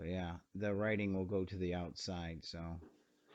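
A warp nacelle for a plastic Playmates Classic Star Trek USS Enterprise NCC-1701 toy starship is being oriented, writing facing outward, so its contacts will meet the power contacts in the ship body that feed the lights at the front of the nacelle. Only someone talking is heard. The nacelle has not been pushed home, and nothing has seated or clicked yet.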